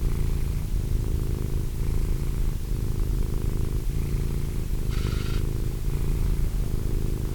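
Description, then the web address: Cat purring, a low rhythmic rumble with a brief higher-pitched tone about five seconds in. Cat named Wilson. "~pelikas CATSOUNDS Wilson Cat"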